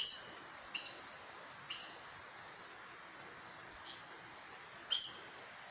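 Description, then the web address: Aracari with three squeaky high notes, a pause of about three seconds, then one more sharp note. "sound Aracari. دانلود-صدای-پرنده-پرزبان"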